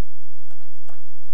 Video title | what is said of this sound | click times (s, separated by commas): PFAFF creative 1475 CD: Volume I (VHS, 1991) | insert the bobbin directly onto the pin until you hear it click into place | 0.5 s, 0.9 s